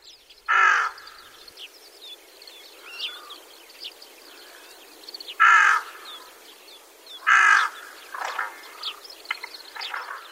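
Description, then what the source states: Rook giving three loud, harsh caws spaced a few seconds apart over a constant background of softer croaks and chatter from other birds in a flock. Winter visitor overwintering in Japan, now seen across Japan; recorded in Itakura town, Gunma Prefecture; flock in winter rice paddies.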